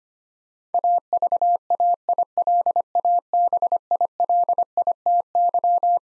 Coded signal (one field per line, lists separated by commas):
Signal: Morse code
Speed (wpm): 25 wpm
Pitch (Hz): 700 Hz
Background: none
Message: AVAILABILITY